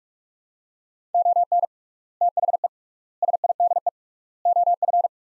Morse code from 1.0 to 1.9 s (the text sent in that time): ON